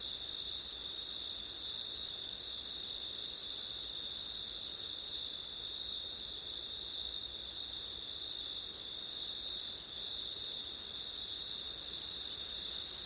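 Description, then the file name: Dense chorus of crickets, an even high-pitched trill that never pauses, with a second, higher band and soft wind in the background. Crickets at night in September, with wind; ORTF microphone setup. "crickets wind september night ortif"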